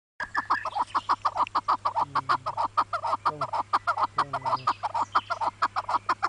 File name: Keklik-ötüşü